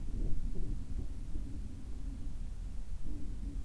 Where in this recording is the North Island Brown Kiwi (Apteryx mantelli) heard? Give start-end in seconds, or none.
none